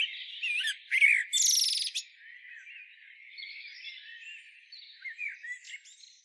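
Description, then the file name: Common blackbird giving a loud warbled phrase with a bright, buzzy squeak in the first two seconds, followed by faint, thin twittering notes. "Turdus merula"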